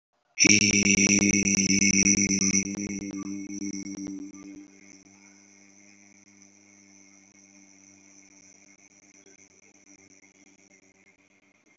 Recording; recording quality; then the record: sustained vowel as in beet; excellent, no background noise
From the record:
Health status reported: respiratory illness, not identified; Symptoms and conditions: hypertension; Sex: male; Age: 52 years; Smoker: yes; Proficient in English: yes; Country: India